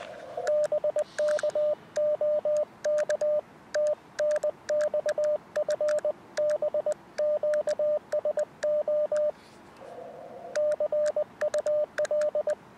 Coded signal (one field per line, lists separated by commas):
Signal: Morse code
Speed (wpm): 20 wpm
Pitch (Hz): 600 Hz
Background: radio noise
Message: BK OK TNX FB QSO CUL